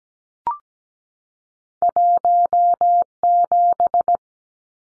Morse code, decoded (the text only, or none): 17